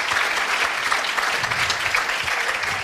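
Steady, dense applause from a crowd, a continuous crackle of many hands clapping at once, loud and even throughout with no voices standing out.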